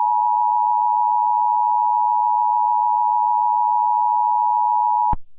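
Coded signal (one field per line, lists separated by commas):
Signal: Emergency Alert System (SAME) tones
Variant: 853 and 960 Hz attention tone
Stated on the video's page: Fictional scenario, remastered.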